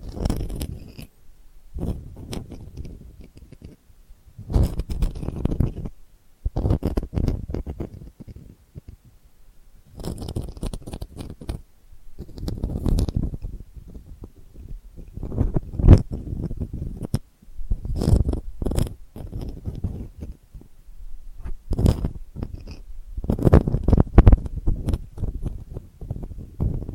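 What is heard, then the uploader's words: Delicate scratching comes in short bursts, each a second or two long, separated by brief quiet gaps. The strokes are dry and textured, with a soft low rumble underneath and faint crisp edges on top. ASMR Delicate Scratching for Sleep (No Talking).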